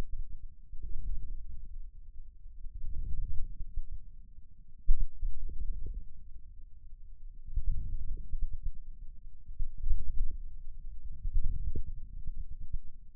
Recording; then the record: forearm muscle sounds (acoustic myography)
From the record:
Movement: inward rotation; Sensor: system 2, bracelet of six BSWA MPA416 microphones around the upper forearm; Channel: 2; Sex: male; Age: 22 years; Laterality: right